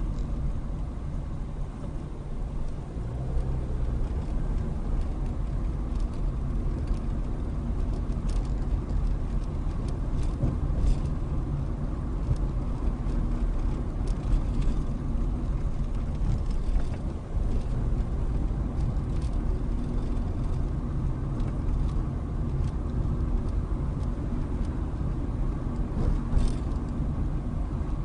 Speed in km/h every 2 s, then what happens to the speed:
16, 23, 26, 27, 27, 27, 27, 23, 24, 27, 27, 27, 29, 26.
0-6 speeds up to 27. 6-28 steady at about 27.